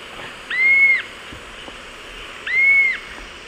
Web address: Natures Songs S America Eastern Lowlands. Galbula chalcothorax, calls pair